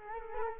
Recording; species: mosquito wingbeat signal from an infrared sensor; Culex quinquefasciatus